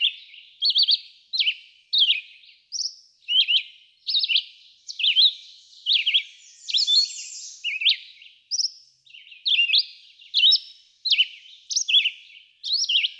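Red-eyed vireo singing an unbroken series of brief whistled phrases, each varied in shape, repeated a little more than once per second.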